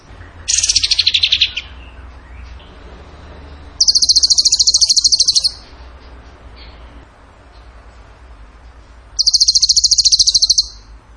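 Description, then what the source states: Bird song in three fast high trill bursts, each about one to two seconds long, with quiet gaps between them. Masteran training recording of bird song in tembakan gacor style.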